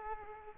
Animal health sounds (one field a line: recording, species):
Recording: mosquito wingbeat signal from an infrared sensor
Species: Aedes aegypti